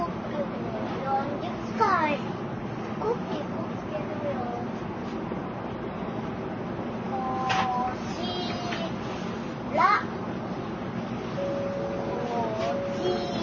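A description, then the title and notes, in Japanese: Inside a JR N700-series Shinkansen between Kyoto and Shin-Yokohama, a steady low rumble and hum run throughout. Voices murmur over it, with brief louder bits of talk near the 2, 7.5 and 10 second marks and a short tone-like sound toward the end. JRN700系 京都〜新横浜。ひかり530号に乗車し、録音しました。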